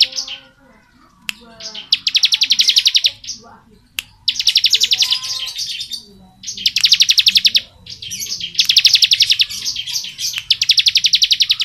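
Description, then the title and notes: Bar-winged prinia delivering dense, buzzy high trills in long bursts, repeated with short gaps, plus a few soft twittering notes between. Ngebren-style song, used as masteran training audio for Oriental magpie-robins. "Ciblek Ngebren Untuk Masteran Murai Batu. Suara burung ciblek - Suara Nada"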